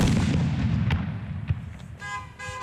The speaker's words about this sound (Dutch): En ook vuurwerk bij de voetbalwedstrijd AZ-NEC. En het is geen licht vuurwerk ook dat hier door de Alkmaarse supporters naar binnen wordt gegooid.